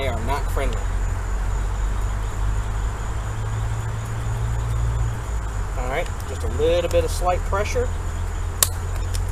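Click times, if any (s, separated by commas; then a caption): 8.6 s. Someone talks while a new exterior shore power cord inlet unit is pressed with slight pressure into its opening in the fiberglass wall of a Scamp travel trailer, over a steady low background rumble. At 8.6 s a single sharp click sounds as the inlet snaps into place and is seated.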